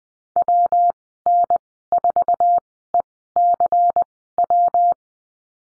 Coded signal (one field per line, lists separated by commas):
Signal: Morse code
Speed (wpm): 20 wpm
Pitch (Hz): 700 Hz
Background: none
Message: WN4ECW